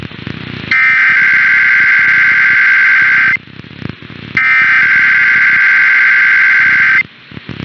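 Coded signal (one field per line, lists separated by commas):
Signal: Emergency Alert System (SAME) tones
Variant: header bursts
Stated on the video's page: Recorded overnight monthly tests for Maryland and Nevada plus a radio station's weekly test.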